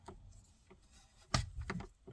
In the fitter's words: so you want to hear that little click there.